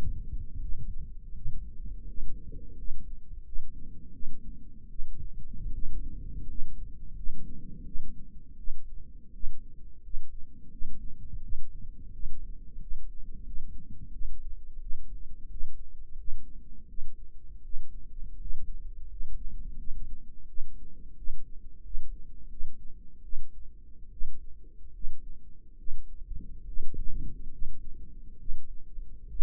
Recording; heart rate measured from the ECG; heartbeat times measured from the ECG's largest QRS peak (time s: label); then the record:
heart sounds by microphone in the right ear; 82 bpm
0.60 s: heartbeat
1.34 s: heartbeat
2.06 s: heartbeat
2.75 s: heartbeat
3.44 s: heartbeat
4.12 s: heartbeat
4.88 s: heartbeat
5.72 s: heartbeat
6.46 s: heartbeat
7.14 s: heartbeat
7.84 s: heartbeat
8.57 s: heartbeat
9.32 s: heartbeat
10.01 s: heartbeat
10.70 s: heartbeat
11.41 s: heartbeat
12.11 s: heartbeat
12.78 s: heartbeat
13.44 s: heartbeat
14.11 s: heartbeat
14.80 s: heartbeat
15.49 s: heartbeat
16.16 s: heartbeat
16.87 s: heartbeat
17.63 s: heartbeat
18.38 s: heartbeat
19.08 s: heartbeat
19.77 s: heartbeat
20.47 s: heartbeat
21.15 s: heartbeat
21.82 s: heartbeat
22.49 s: heartbeat
23.22 s: heartbeat
24.10 s: heartbeat
24.92 s: heartbeat
25.77 s: heartbeat
26.65 s: heartbeat
27.50 s: heartbeat
28.38 s: heartbeat
29.28 s: heartbeat
From the record:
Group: healthy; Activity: rest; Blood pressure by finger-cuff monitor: 89/63 mmHg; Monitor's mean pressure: 71 mmHg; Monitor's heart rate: 84 bpm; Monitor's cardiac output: 6.2 L/min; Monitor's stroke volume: 73 mL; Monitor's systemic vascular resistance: 820 dyn s/cm5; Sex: female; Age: 22 years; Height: 163 cm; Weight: 67.1 kg